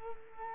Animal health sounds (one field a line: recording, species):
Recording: mosquito wingbeat signal from an infrared sensor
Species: Culex quinquefasciatus